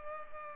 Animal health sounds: mosquito wingbeat signal from an infrared sensor; Culex pipiens

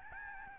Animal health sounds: mosquito wingbeat signal from an infrared sensor; Aedes albopictus

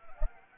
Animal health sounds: mosquito wingbeat signal from an infrared sensor; Anopheles arabiensis

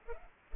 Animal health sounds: mosquito wingbeat signal from an infrared sensor; Culex pipiens

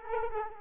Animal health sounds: mosquito wingbeat signal from an infrared sensor; Culex quinquefasciatus

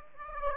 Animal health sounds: mosquito wingbeat signal from an infrared sensor; Aedes aegypti

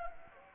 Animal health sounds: mosquito wingbeat signal from an infrared sensor; Anopheles gambiae

